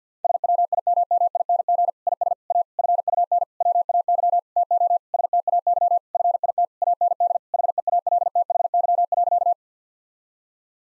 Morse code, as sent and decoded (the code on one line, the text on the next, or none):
... .-- .. -- -- .. -. --. / .. ... / .- / ..-. ..- -. / .-- .- -.-- / - --- / ... - .- -.-- / ..-. .. - / .- -. -.. / .... . .- .-.. - .... -.-- .-.-.-
SWIMMING IS A FUN WAY TO STAY FIT AND HEALTHY.